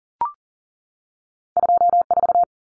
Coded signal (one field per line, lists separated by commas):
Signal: Morse code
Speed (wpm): 40 wpm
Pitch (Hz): 700 Hz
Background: none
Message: 24